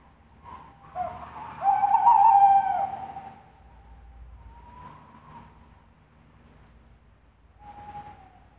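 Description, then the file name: Tawny owl giving drawn-out hollow hoots, one strong wavering note followed by fainter, shorter hoots over a low background rumble. Recorded at night. "Animaux de nuit - chouette hulotte"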